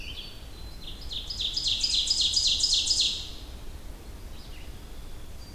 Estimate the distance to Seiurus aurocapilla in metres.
about 15 m